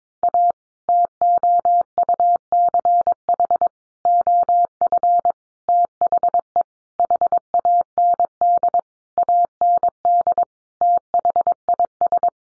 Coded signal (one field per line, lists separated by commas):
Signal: Morse code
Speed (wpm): 22 wpm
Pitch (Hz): 700 Hz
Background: none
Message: A TOUCH OF THE HAND AND THIS